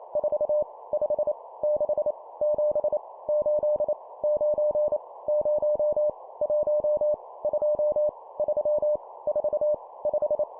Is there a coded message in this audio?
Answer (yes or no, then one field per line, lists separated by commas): yes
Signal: Morse code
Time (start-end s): 0.2-10.4 s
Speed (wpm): 28 wpm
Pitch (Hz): 600 Hz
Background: none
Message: 4 5 6 7 8 9 0 1 2 3 4 5